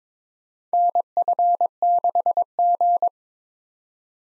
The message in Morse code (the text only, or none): NF6G